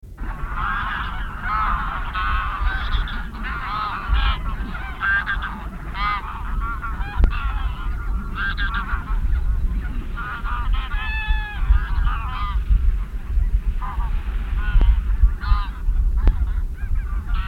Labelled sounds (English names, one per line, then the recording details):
Greylag Goose call
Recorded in the wild
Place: Zicker, Insel Rügen, Mecklenburg-Vorpommern, DE
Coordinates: 54.296, 13.683
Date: 1971-09-08 19:30
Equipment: Nagra III BH, Sennheiser MD 21, parabola
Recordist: Schubert, Michael
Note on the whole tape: Graugänse am Schlafplatz (etwas viel Wind!)